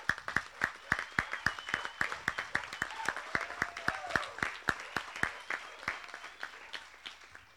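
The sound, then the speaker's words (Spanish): An audience at a community meeting in Jalcomulco claps for the community members defending the river, in a steady, rhythmic beat of sharp slaps, about four per second, for several seconds, with faint voices and a few whistle-like cheers underneath. “Yo creo que se merecen un aplauso grande por estar haciendo esta defensa.”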